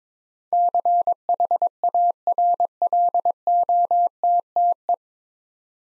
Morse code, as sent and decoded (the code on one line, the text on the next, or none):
-.-. .... .- .-. .-.. --- - - .
CHARLOTTE